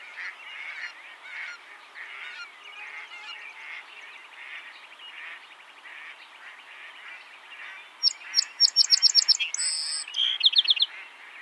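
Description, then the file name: Song sparrow song: a rapid series of sharp ringing notes and a buzzy trill near the end, following a long stretch of steady background chatter. "Melospiza melodia - Song Sparrow"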